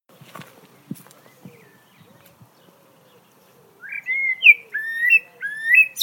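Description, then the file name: Common blackbird song: a few clear fluty phrases with high thin twitters, after soft low warbling and quiet clicks. "Turdus merula"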